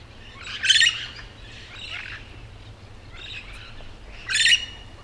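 Yellow-shouldered parrot calls: two loud harsh squawks about three and a half seconds apart, with softer scratchy calls between them over a low steady hum.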